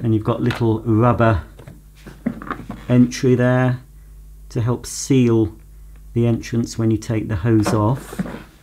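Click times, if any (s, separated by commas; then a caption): none. Someone talks while handling the hose of a Rowenta Tonixo vacuum cleaner at the front inlet of the cleaner body, which has a little rubber entry to help seal the entrance when the hose is taken off. A few short, sharp knocks sound between about 1.7 and 2.7 s amid the speech. Nothing has seated or clicked yet.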